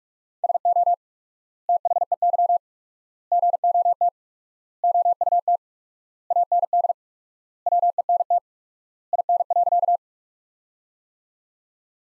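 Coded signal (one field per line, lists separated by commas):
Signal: Morse code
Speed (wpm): 47 wpm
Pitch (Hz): 700 Hz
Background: none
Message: SO THEY GOT OUT AND WENT IN.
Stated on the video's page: Practice sentences from top 300 words at 45 wpm with 4x word spacing, a word-based analogue of Farnsworth.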